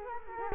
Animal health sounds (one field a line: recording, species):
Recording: mosquito wingbeat signal from an infrared sensor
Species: Culex quinquefasciatus